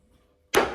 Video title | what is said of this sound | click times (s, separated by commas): How to fit Fibreglass panels properly!!Celica GT-Four restoration ep21 | there we go popped in and popped in yeah so | 0.5 s